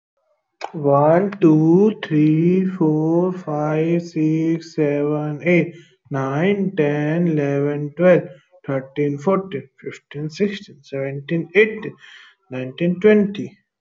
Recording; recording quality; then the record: counting at a normal pace; excellent, no background noise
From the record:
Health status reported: healthy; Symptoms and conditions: none ticked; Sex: male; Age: 24 years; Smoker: not ticked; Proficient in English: yes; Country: India